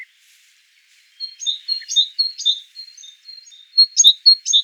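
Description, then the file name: Great tit song: a second of quiet, then a rapid series of high paired notes, a sharp upper note dropping to a lower one, repeated steadily to the end. "Parus major"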